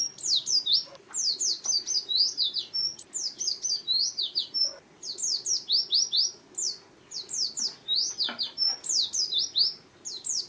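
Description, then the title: White-eye giving continuous high twittering song, quick slurred notes grouped into short rushes separated by tiny gaps, over a soft steady background hum. "Pleci"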